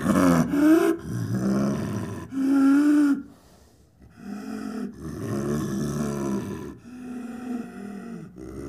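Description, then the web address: Leopard calls: a series of moaning, harmonic vocalizations with wavering pitch, separated by short pauses, one longer gap of near silence midway. "big cats|leopards"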